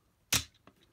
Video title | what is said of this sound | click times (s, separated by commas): Mashin Sentai Kiramager DX Greatful Phoenix Review | and click into place | 0.3 s